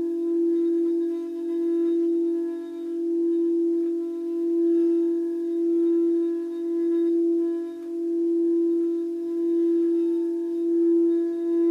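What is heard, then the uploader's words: A crystal bowl sings one sustained pure tone that swells and fades gently in a slow, regular pulse, with faint higher overtones above. Crystal Bowls Blessings. They were all raw recording out of smartphone, no post editing. Those recordings were collected between Mt Shasta and Sedona events.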